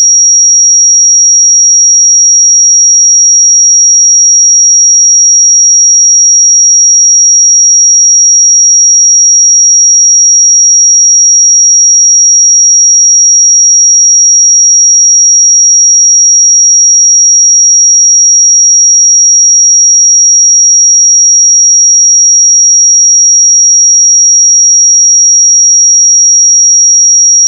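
A pure sine tone at 5671 Hz holds perfectly steady for the full 27 seconds, high and thin, with no wavering in pitch or loudness. Nothing else sounds beneath it; there are no breaks or background noise.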